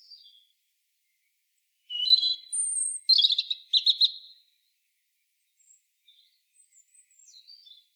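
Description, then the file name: European robin song, one burst of high, varied, jangling notes and thin whistles lasting over two seconds, with faint scattered high notes before and after. "Erithacus rubecula"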